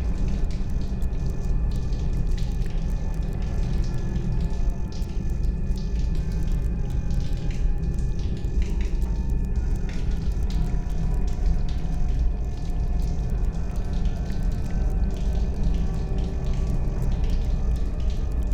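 Water drips in a spaceship hallway, heard as scattered small ticks spread irregularly through the clip over a heavy, steady low rumble. Faint thin tones hum in the middle and upper range, and the overall level stays constant throughout.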